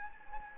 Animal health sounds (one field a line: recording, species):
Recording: mosquito wingbeat signal from an infrared sensor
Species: Anopheles gambiae